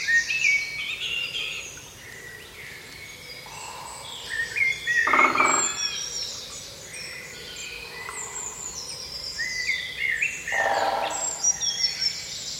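A spring morning in a wooded valley, full of overlapping birdsong: bright chirps, trills and whistles from several birds at once. Two louder, fuller calls stand out around five and ten seconds. A soft, steady low hiss runs underneath throughout.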